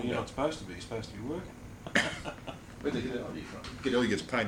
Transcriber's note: laughter